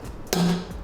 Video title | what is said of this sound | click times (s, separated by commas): ₹6,500 Mein 144Hz Gaming Monitor? Acer EK240Y P6 Honest Review | click sound आया है, तो इसका मतलब ये है कि फिट हो चुका है। | 0.3 s